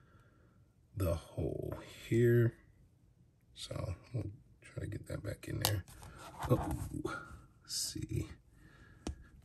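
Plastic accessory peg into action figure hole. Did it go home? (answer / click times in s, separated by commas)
yes / 9.1 s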